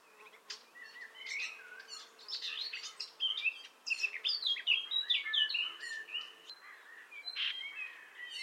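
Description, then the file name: Common nightingale song with fast, varied phrases of whistles, chirps and clicking notes, rising and falling in bursts over a soft hiss. "Luscinia megarhynchos"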